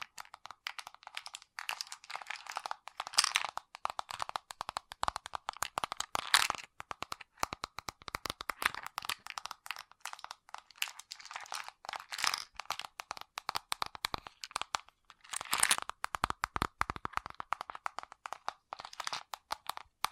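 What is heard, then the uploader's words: Fast tapping with fingernails runs almost without pause, a dense stream of sharp, bright clicks with a crackly, crinkly edge. Bursts come in quick clusters, with a few louder flurries near three, six and fifteen seconds. ASMR Fast Tapping for Intense Tingles (No Talking).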